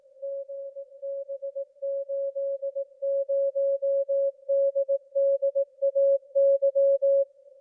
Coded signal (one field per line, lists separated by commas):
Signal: Morse code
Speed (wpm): 18 wpm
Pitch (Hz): 550 Hz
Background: music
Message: GB80DDAY